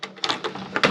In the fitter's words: But this cover just kind of snaps in place, like in here. You just kind of snap it in.